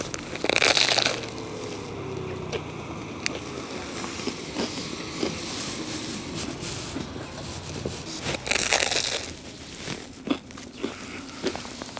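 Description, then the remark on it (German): Someone bites into a fish sandwich twice on a holiday island, each bite a short, loud, crunchy burst, with soft chewing clicks and smacks in between over a steady background murmur. “Ich gehe mal ein Stück abseits mit dem Abbeißen, weil dann habe ich das Abbeißen wieder live, wenn ich noch mal irgendwo sitze.”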